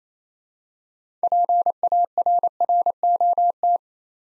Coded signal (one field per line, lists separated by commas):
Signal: Morse code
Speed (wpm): 27 wpm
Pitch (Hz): 700 Hz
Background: none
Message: PARROT